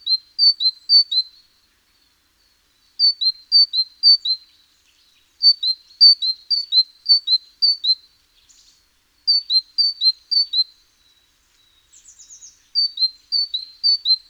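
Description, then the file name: Great tit repeating a bright two-note teacher phrase in runs of several, with brief pauses; a short buzzy chatter near the end. "Parus major"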